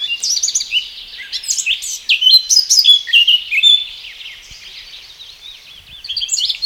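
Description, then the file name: Eurasian blackcap song, a lively, jumbled warble of high chirps and slurred notes through the first half, quieter mid-way, then resuming briefly at the end. "Sylvia atricapilla"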